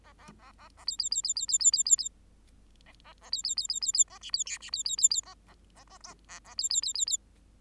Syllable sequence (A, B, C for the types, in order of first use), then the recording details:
A A A A A B B B B B B B B B B A A A B B B B B B A C B D C B B B B A A A A A A B B B B B. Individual Bird8